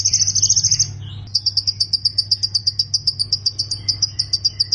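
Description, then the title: Plain prinia giving a loud buzzy chattering burst, a short gap, then a fast, rhythmic series of repeated bright notes; a low hum persists. "Ciblek Sawah"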